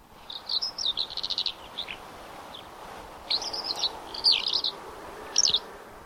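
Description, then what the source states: Eurasian skylark giving bursts of rapid, chirping and trilled notes in short phrases separated by pauses, over soft background hiss. Played from tape; described as the bird that brings spring, first to arrive and heard everywhere; not yet its full song given as it rises in flight.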